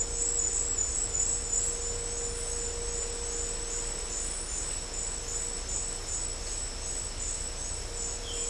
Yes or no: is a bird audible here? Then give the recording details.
yes. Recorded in dense forest near Puerto Asís, Putumayo, Colombia, on 22 December 2024 at 17:30. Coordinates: 0.500, -76.322. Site G053